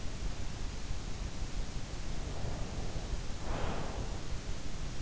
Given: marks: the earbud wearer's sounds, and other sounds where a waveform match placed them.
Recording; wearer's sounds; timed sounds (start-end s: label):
sounds in sleep by an in-ear microphone; breath
1.91-4.66 s: breath